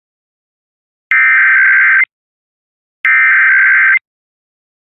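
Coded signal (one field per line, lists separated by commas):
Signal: Emergency Alert System (SAME) tones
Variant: header bursts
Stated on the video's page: EAS monthly and weekly tests recorded overnight.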